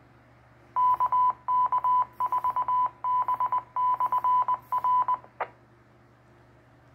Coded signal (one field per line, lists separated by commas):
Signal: Morse code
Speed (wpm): 20 wpm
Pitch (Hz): 1000 Hz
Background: none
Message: KK4B/R